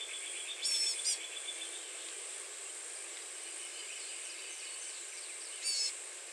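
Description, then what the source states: Blue-gray gnatcatcher giving two thin, high, buzzy calls close together near the start and a third near the end, over a steady shrill insect chorus. Recorded on 30 April 2019.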